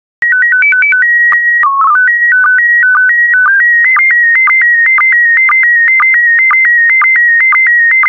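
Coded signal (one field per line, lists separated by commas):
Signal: SSTV (slow-scan television)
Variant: PD 120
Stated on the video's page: Daily SSTV practice transmission in PD120 mode, images of English country gardens for decoding.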